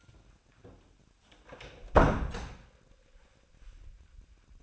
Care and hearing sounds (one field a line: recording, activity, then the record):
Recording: daily activity, microphone in the room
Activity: close door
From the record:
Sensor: 2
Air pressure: 1009.1 hPa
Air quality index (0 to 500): 192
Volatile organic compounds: 3 ppm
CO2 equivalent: 1394 ppm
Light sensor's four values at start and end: 32/84/36/38 and 32/84/35/38